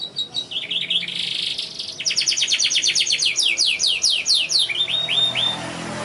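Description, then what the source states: Canary song: a buzzy rattling phrase, then a rapid run of bright sweeping notes slowing into a few longer whistled slurs. Young canary song used as a lure to train other birds (masteran).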